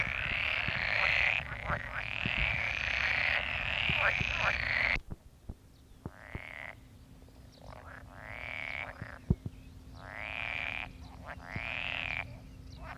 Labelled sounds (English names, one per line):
Pool Frog call